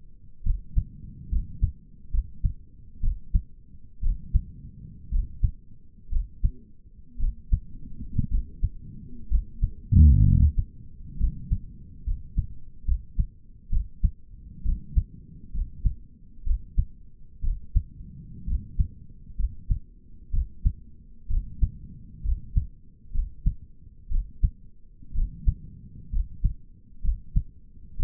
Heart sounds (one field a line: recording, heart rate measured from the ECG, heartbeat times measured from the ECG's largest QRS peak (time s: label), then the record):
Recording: heart sounds by stethoscope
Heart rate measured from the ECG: 63 bpm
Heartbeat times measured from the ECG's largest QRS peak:
0.45 s: heartbeat
1.31 s: heartbeat
2.13 s: heartbeat
3.03 s: heartbeat
4.03 s: heartbeat
5.12 s: heartbeat
6.12 s: heartbeat
7.20 s: heartbeat
8.31 s: heartbeat
9.30 s: heartbeat
10.25 s: heartbeat
11.19 s: heartbeat
12.06 s: heartbeat
12.87 s: heartbeat
13.72 s: heartbeat
14.65 s: heartbeat
15.54 s: heartbeat
16.46 s: heartbeat
17.44 s: heartbeat
18.47 s: heartbeat
19.39 s: heartbeat
20.33 s: heartbeat
21.30 s: heartbeat
22.25 s: heartbeat
23.14 s: heartbeat
24.11 s: heartbeat
25.15 s: heartbeat
26.13 s: heartbeat
27.04 s: heartbeat
27.99 s: heartbeat
From the record:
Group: healthy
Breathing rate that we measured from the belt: 17 breaths a minute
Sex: male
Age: 22 years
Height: 181 cm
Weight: 79 kg